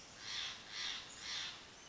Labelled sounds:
Steller's Jay

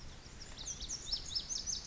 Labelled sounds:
Lazuli Bunting

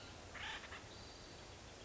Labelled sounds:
Acorn Woodpecker

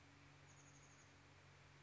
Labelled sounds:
Chestnut-backed Chickadee

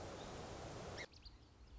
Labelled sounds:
Song Sparrow

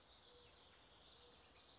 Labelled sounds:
California Towhee

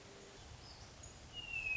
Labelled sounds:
Hermit Thrush

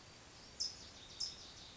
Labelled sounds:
California Towhee

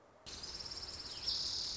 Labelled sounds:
Orange-crowned Warbler

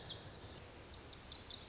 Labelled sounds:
Lazuli Bunting

